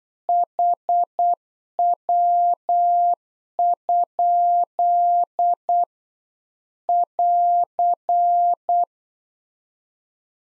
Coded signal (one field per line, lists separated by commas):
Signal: Morse code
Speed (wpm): 8 wpm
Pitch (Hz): 700 Hz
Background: none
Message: HW? <AR>